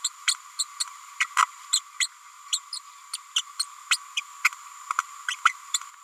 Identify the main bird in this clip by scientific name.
Forpus passerinus